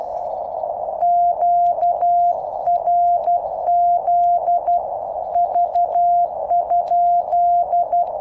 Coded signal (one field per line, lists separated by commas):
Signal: Morse code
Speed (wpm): 12 wpm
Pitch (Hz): 700 Hz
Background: none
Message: QRZ V?